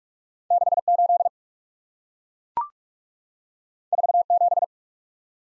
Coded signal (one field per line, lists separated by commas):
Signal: Morse code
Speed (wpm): 44 wpm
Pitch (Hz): 700 Hz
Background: none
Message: 68 47